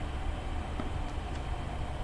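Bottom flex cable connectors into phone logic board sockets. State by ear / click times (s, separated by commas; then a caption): not seated / none. Bottom two flex cable connectors are being handled over their logic board sockets during an iPhone 7 battery replacement, with only a steady low, broadband background rumble and faint soft ticks heard. Nothing has seated or clicked yet.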